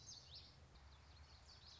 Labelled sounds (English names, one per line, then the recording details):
Common Yellowthroat
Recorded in Sonoma County, California